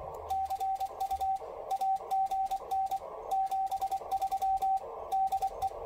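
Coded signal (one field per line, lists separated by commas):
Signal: Morse code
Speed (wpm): 24 wpm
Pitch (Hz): 770 Hz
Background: radio noise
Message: CU AGN 73 DE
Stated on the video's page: CW sent from a memory keyer keypad connected by CI-V to an ICOM IC-7300.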